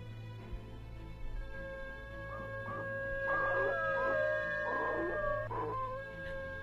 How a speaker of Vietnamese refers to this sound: Còn đang cố lim dim đưa mình vào giấc nồng thì bên ngoài bất giác ông lại giật mình, bởi vì lại nghe tiếng chó tru lên trong đêm.